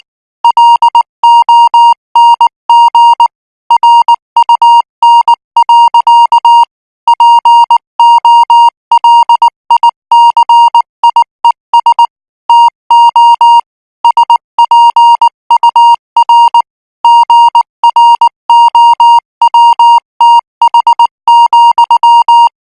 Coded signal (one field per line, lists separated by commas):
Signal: Morse code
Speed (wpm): 19 wpm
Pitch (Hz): 940 Hz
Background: music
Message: LONG RUN. POLICIES TO SPUR GROWTH,